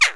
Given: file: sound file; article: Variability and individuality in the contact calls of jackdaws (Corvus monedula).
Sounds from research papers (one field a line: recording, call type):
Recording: jackdaw call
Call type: harmonic